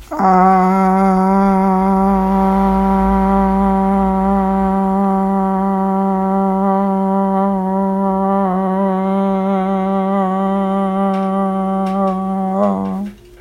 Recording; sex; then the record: sustained vowel /a/; female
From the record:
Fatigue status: no fatigue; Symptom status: asymptomatic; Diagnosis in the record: COVID-19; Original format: m4a